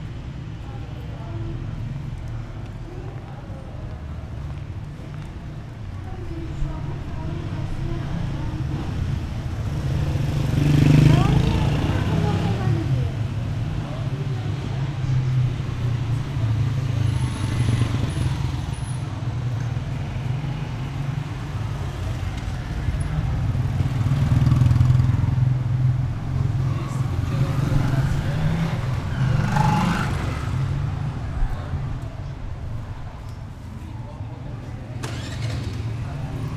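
Street ambience at an old city gate beside a bazaar, with a steady low rumble of passing traffic and engines. Vehicles swell around 11 and 25 seconds, with another brief rise near 30, while faint voices drift through the background.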